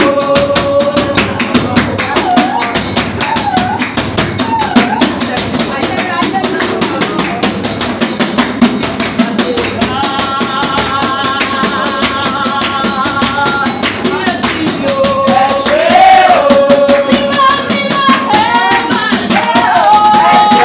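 African drumming rolls on without a break, dense rapid hand strikes layered with sharp claps. High ringing tones, likely the bell, sound in held lines and short bends, crowding more thickly after the ten-second mark. Toward the end the whole texture grows slightly louder.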